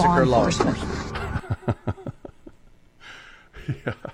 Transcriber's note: laughs